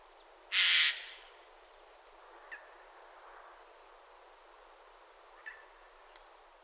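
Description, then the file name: Eurasian jay uttering a single loud, rasping screech early on, followed by a few faint clicks in a quiet background. "Garrulus glandarius"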